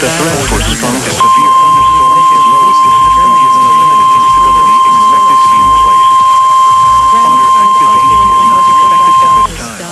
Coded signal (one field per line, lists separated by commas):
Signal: Emergency Alert System (SAME) tones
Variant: 1050 Hz attention tone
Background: speech